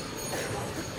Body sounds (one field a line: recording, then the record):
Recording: coughing mixed with background sound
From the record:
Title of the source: 30 Chesty and wet cough